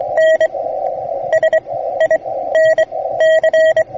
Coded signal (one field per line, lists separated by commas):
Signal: Morse code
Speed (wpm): 24 wpm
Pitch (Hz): 640 Hz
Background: radio noise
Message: N SINC